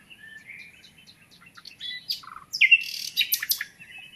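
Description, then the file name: Common nightingale song: soft varied whistles building into louder buzzy, rattling phrases with sharp high notes near the end. "Luscinia megarhynchos"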